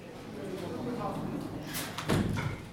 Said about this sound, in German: Schaffen wir es, die Tür zuzumachen oder ist euch dann, geht ihr kaputt dann?